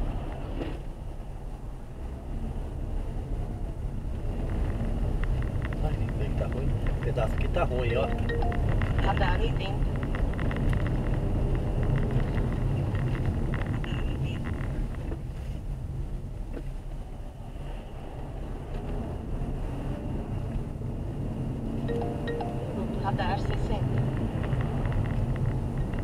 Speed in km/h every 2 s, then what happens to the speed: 12, 18, 26, 30, 34, 38, 30, 14, 11, 21, 32, 38, 36.
0-9 speeds up to 38. 11-16 brakes to 11. 16-21 speeds up to 38.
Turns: none.